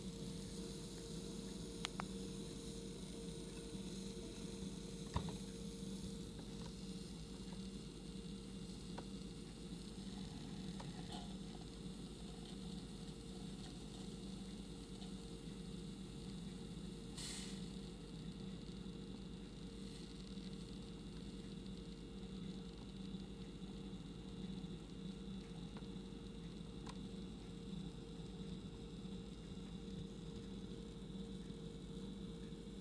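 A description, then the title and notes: Brewing equipment drones with a steady low rumble and a constant pitched hum, broken by a few sharp clicks and a brief hiss near seventeen seconds. Brewing.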